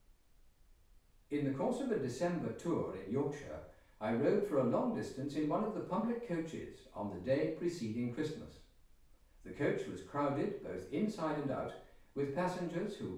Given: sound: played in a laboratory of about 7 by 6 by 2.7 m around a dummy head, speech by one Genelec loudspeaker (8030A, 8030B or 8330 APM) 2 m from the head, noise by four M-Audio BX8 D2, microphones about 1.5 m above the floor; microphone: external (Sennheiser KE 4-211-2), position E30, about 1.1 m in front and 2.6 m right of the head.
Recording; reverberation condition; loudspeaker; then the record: male speech in English; medium; 30 degrees to the left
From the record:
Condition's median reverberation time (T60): about 510 ms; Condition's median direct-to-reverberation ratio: about -0.5 dB